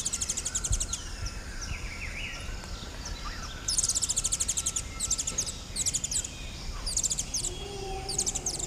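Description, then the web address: Mango giving bursts of very high, dry, rapid chittering chips, repeated several times, with lower whistled slurs from other birds and steady background hiss. "mango hummingbird"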